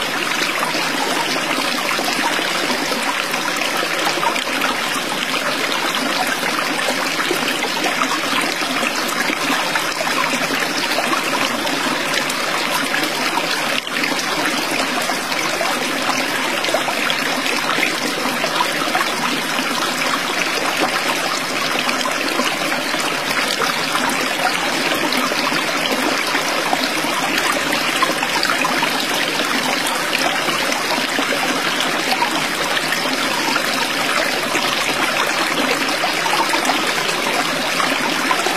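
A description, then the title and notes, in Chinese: A small stream flows steadily, its water trickling and babbling at an even, dense pace for the whole stretch. The sound is bright, full of fine splashing detail, with almost no low rumble and no other sounds breaking through. 大自然的声音：流淌的小溪。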